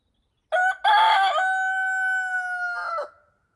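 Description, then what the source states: Rooster crowing: a loud ragged opening followed by a long sustained even note and a short rough ending. Countryside ambience during the day.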